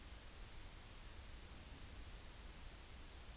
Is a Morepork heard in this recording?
no